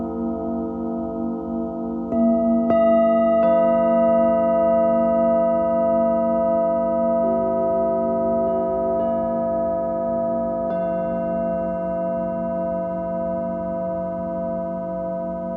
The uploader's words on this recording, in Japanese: チベタンシンギングボウルの子守唄。日本の真夜中に合わせていつもよりそっとそっと叩きました。